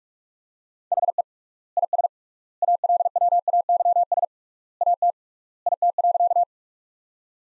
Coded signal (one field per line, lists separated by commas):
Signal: Morse code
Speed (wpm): 44 wpm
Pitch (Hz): 700 Hz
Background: none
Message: HE IS ALWAYS AT IT.